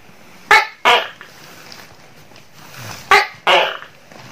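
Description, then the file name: Tokay gecko producing two double-note calls, each a quick sharp note and a longer raspy note, separated by a short pause with low background noise. "suara tokek seram"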